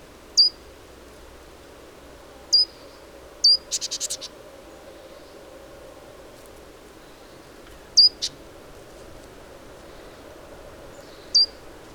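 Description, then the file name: Great tit calls: a few thin, very high down-slurred notes scattered throughout, plus one short buzzy churring rattle near the start, over a quiet background hum. "Parus major"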